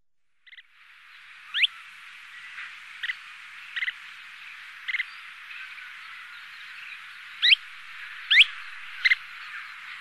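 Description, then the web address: Kentish plover calls: scattered short notes mixed with a few quick, upward-sweeping whistles, spaced unevenly, against steady hissing background noise. Sakhalin and Kuril Islands. "priroda sakhalina i kuril. Charadrius alexandrinus"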